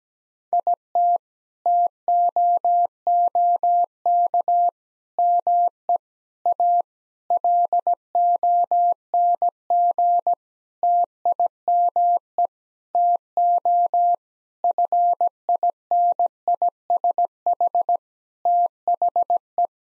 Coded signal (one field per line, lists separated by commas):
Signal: Morse code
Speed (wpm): 17 wpm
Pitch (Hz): 700 Hz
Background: none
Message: IT TOOK ME A LONG TIME TO FINISH THE